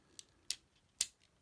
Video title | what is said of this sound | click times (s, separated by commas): Diaclone DA-40 Trivers Tridasher (Special Ver) Review | and you should hear it snap then it'll rotate when you want to take them apart there's a little button right here | 1.0 s